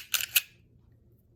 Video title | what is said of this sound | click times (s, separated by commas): Cleaning rusty Taurus G2C | Then you just cock it all the way back, and it locks in place. | 0.4 s